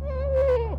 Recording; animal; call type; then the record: contact call of a hoofed animal; goat; low-frequency (closed-mouth) or high-frequency (open-mouth) call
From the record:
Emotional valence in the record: negative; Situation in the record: short social isolation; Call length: 0.79 s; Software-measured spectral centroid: 1210 Hz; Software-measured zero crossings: 760 a second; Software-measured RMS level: -24 dBFS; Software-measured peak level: -16 dBFS